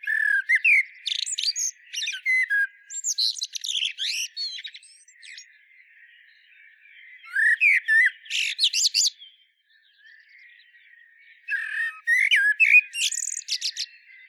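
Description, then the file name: Common blackbird song: several phrases of fluted whistling mixed with shrill, squeaky twittering, separated by quiet gaps. "Turdus merula"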